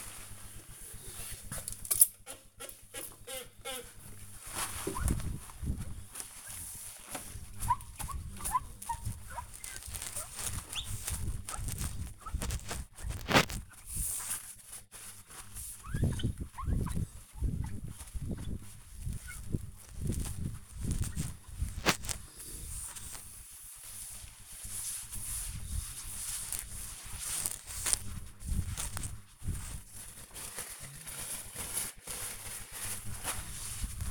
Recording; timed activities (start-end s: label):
household activities, microphone on the right wrist
0.00-34.11 s: window cleaning